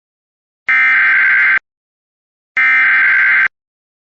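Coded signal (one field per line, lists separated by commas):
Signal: Emergency Alert System (SAME) tones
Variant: header bursts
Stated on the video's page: Simulated EAS alert tones for an immediate evacuation in Salt Lake City, Utah.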